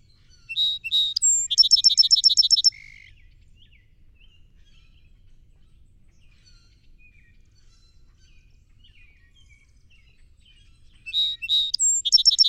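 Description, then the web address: Song Sparrow song: a few whistled opening notes, then a fast ringing trill and a lower buzzy ending; after a long quiet pause, a second song begins. "songs 169 Song Sparrow"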